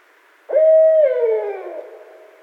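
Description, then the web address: Barred owl calls once with a firm level hoot that slurs down and fades. No other sounds are heard. Recorded 8 February 2012. "Barred Owl 2012 02 08"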